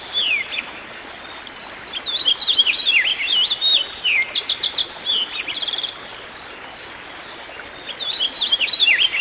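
Songbird delivers a varied warbling phrase with slurred whistles and rapid trills, falls silent for a few seconds, then starts again; faint hiss underneath.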